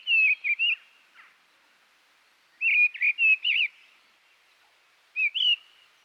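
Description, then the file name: Mistle thrush song: short, loud fluty phrases of a few warbled notes, delivered in three bursts separated by pauses of about one and a half to two seconds. "Grotelijster"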